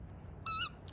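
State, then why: Seated. A small reflector modifier, lined up by its three notches on a studio strobe's bayonet mount, is pushed in and twisted clockwise. A short high tonal squeak sounds from about 0.45 to 0.7 s over a low steady background, then a brief sharp click at 0.9 s as the modifier seats in the mount.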